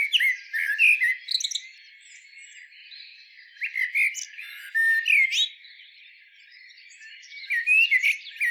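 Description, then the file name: Eurasian blackbird singing: several short phrases of whistled and squeaky high notes, with short silences between. "Turdus merula"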